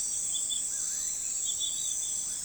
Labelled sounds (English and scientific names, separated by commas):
none